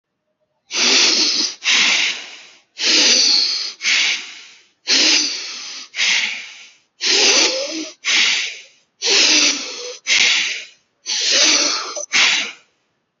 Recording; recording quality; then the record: shallow breathing; excellent, no background noise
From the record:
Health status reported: healthy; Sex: male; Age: 30 years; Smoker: yes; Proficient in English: yes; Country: India